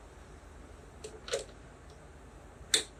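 A sewing machine's metal presser foot is lined up under its holder bar and pressed onto the foot holder, with a few faint taps around 1.0 to 1.4 s. A sharp snap at 2.7 s marks the foot clicking into place, fully seated.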